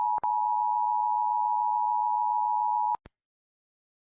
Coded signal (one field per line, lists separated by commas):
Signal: Emergency Alert System (SAME) tones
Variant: 853 and 960 Hz attention tone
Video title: Rating eas alarms part 2 (most views so far)